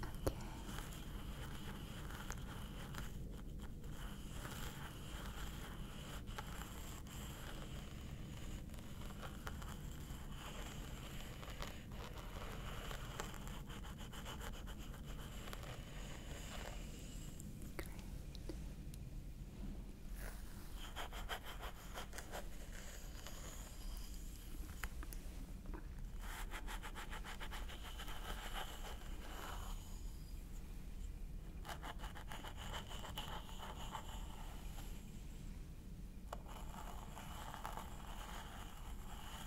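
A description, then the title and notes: A scalp massage gives a steady, dense rubbing and scratching through hair, with a constant low rumble and brief quieter pauses every few seconds. ASMR Stress Relieving Scalp Massage ASMR.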